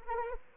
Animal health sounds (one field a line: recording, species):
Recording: mosquito wingbeat signal from an infrared sensor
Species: Anopheles arabiensis